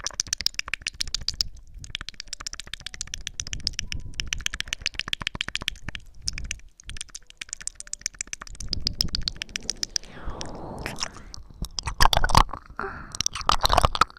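Ear licking and mouth sounds: dense wet clicks and smacks with brief pauses, turning into slurpier, louder licks after ten seconds.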